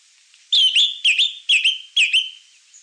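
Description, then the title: Greenish Schiffornis song: four clear whistled notes, each dipping then leveling off, repeated about every half second with bright overtones above. "LuckyPassaro Completos2Sama. Greenish Schiffornis (Schiffornis virescens)"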